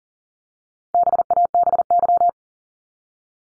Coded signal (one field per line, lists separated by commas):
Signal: Morse code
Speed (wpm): 40 wpm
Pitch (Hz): 700 Hz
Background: none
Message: BABY